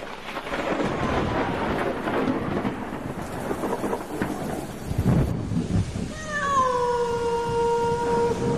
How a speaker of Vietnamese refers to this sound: Ở bên ngoài trời vẫn mưa, những tia sét lóe lên chiếu vào hai cái thân hình khốn khổ ở trong cái ngôi nhà dột nát này.